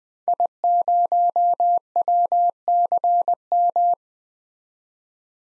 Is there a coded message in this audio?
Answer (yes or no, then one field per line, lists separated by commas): yes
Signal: Morse code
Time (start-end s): 0.3-3.9 s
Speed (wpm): 20 wpm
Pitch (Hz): 700 Hz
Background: none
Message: I0WCM